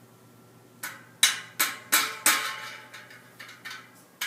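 A wheel bearing is tapped with a mallet on a deep-well socket pressed against the outer bearing race, driving it into a Stan's No Tubes Arch bicycle hub shell being converted to 15mm and 12x142. A series of sharp metallic taps rings out, the strongest at 1.2, 1.6, 1.9 and 2.3 seconds, with lighter taps following. The clip ends before the bearing seats; nothing has seated yet.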